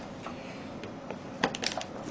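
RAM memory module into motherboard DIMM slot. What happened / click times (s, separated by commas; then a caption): Both module retention clips snapped shut / 1.4 s, 1.7 s. A RAM memory module is pressed down into a motherboard DIMM slot until both retention clips snap shut, with sharp clicks at 1.4 s and 1.7 s against low background noise. Smaller ticks follow the first snap. The stick is seated in the slot.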